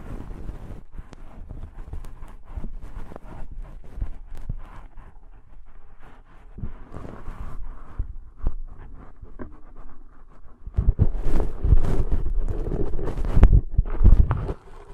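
Deep ear cleaning sounds: dense, irregular scratching and rubbing with frequent short clicks and crackles, mostly low and muffled. After about eleven seconds the scraping grows louder and busier, with sharper bright ticks scattered through the last few seconds.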